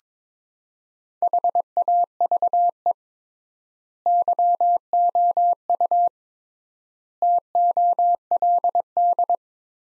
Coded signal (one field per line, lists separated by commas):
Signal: Morse code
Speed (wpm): 22 wpm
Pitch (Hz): 700 Hz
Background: none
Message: HAVE YOU TOLD